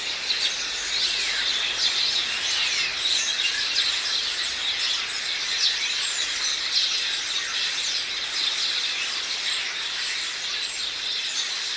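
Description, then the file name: House sparrow flock calling, a steady mass of overlapping chirps and tweets with no pauses, individual calls barely separable in the constant twitter. "Passer domesticus"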